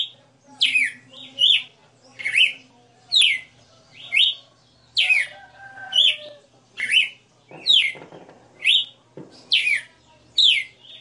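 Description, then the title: Red-cowled cardinal song, a series of clear whistled phrases with falling and rising slurs. Female bird singing a 60-note song, recorded live. "Canto Galo Campina Fêmea 02. Galo de Campina 60 NOTAS Cantando Ao vivo"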